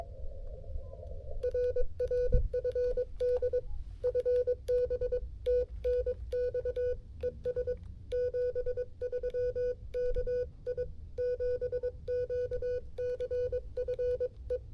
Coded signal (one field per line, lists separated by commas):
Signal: Morse code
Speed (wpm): 22 wpm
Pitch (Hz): 500 Hz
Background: none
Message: RR FD FB TNX ES 73 KI7QCF E